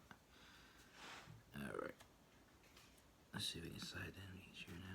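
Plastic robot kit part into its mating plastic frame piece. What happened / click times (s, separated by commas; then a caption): Handled, not yet home: the plastic part has not clipped in / none. A plastic part of a solar-powered robot kit is handled and pressed against its mating plastic frame piece while someone talks. Brief handling noises and a faint tap are heard between the speech, but nothing has seated or clicked yet.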